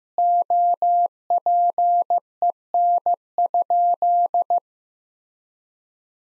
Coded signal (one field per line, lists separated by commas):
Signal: Morse code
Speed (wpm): 16 wpm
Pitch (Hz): 700 Hz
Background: none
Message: OPEN?